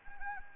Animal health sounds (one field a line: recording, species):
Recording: mosquito wingbeat signal from an infrared sensor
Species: Anopheles gambiae